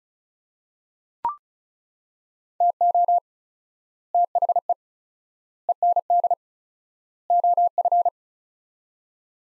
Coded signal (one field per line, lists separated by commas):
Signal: Morse code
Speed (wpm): 34 wpm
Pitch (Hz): 700 Hz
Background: none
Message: TO THE END OF